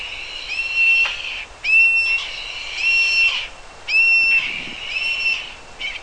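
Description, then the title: Bird song of clear, level whistled notes repeated in several bursts, mixed with harsher noisy sounds. "LuckyPassaro Completos2Sama"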